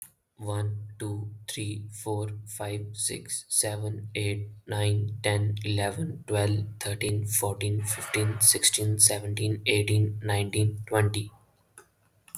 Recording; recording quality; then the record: counting at a normal pace; excellent, no background noise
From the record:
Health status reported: healthy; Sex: male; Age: 21 years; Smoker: no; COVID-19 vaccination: both doses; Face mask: not worn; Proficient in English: yes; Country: India